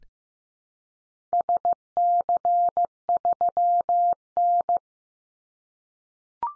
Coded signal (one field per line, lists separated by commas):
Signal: Morse code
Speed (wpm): 15 wpm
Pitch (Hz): 700 Hz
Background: none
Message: SC3N